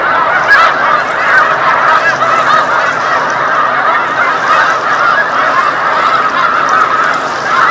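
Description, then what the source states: Snow goose: snow geese honking loudly, many overlapping calls blending into a constant chorus. Flock of snow geese on Lake Champlain, November 2018.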